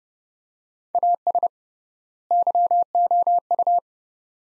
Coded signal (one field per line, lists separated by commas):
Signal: Morse code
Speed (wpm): 29 wpm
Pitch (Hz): 700 Hz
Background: none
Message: AS YOU